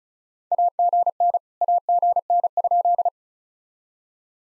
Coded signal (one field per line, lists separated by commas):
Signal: Morse code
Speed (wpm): 33 wpm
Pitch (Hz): 700 Hz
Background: none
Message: AGN AGN?